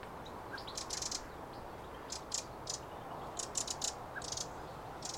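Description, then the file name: Eurasian wren giving dry, ticking calls in short rattling bursts, repeated several times over a steady background hiss. "Troglodytes troglodytes"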